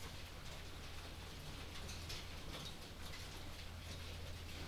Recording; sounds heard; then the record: poultry house recording; no chicken sound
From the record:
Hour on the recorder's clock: 22